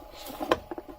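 A filament roll is pushed into the spool mount of a 3D printer until it clicks into the holder at 0.5 s, a sharp snap. A few fainter taps follow at about 0.7 and 0.8 s, and the roll is seated.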